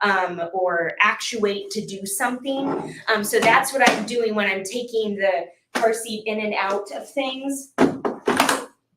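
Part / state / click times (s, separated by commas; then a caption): infant car seat carrier into its base / seated / 8.0 s. Someone talks while an infant car seat carrier is lowered into its base. A click is heard at 8.0 s as the carrier latches and is seated in the base.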